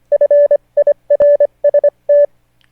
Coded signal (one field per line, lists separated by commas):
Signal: Morse code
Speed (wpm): 25 wpm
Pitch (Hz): 580 Hz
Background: none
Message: FIRST